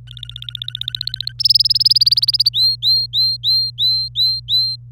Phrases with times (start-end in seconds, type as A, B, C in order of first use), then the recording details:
0.07-1.32 A, 1.40-2.49 B, 2.53-4.76 C. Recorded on 26 April 2018 at 12:27. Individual llb3